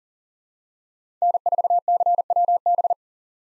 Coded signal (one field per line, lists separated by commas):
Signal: Morse code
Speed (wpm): 40 wpm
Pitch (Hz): 700 Hz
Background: none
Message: N4CWB